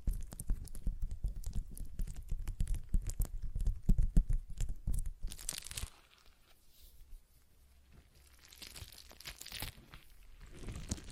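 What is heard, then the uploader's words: A stress ball is squeezed and worked, giving dense, rapid crinkling and crunching with strong low thumps for the first six seconds. Then it drops to near quiet, with softer, scattered rustling and brighter hissy squishes returning toward the end. ASMR Relaxing Stress Ball Sounds (No Talking).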